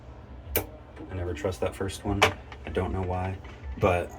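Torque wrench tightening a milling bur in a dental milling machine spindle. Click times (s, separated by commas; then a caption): 0.6 s. A triangle torque wrench tightens a small diamond-coated milling bur in the spindle of an MCXL dental milling machine, and it clicks sharply at 0.6 s when the set torque is reached. Someone talks as the wrench is turned again for a deliberate second click, because the first click is never trusted.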